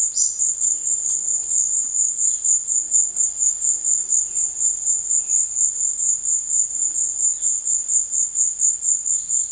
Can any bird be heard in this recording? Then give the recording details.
yes. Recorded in secondary vegetation near Puerto Asís, Putumayo, Colombia, on 19 March 2025 at 16:00. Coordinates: 0.499, -76.323. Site G094